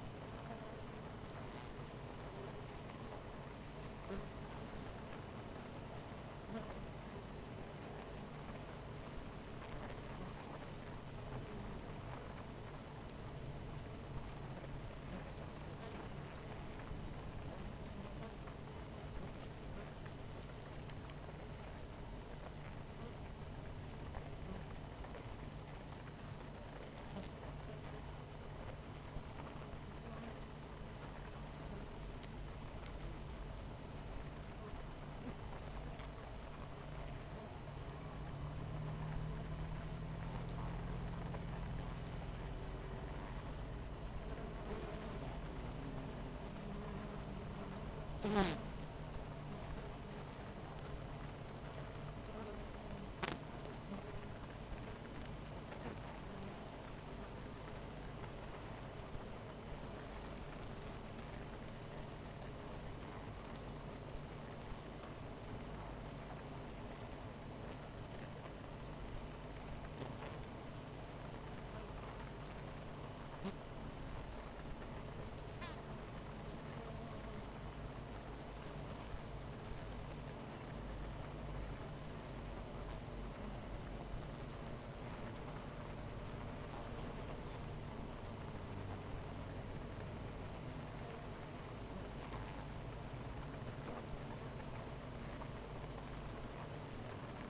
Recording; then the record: honeybee colony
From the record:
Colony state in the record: missing queen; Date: 14 July 2017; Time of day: 10:13